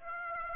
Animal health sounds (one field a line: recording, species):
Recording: mosquito wingbeat signal from an infrared sensor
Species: Aedes aegypti